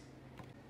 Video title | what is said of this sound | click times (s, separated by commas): Cross Country Road Trip Gear - The Traveling Turkkis, Vlog No. 3 | uh it's got the yeti inspired rubber tee t-rex latches that just snap right into the base now | 0.4 s